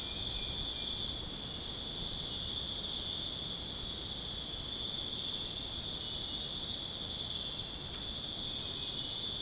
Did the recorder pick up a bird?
no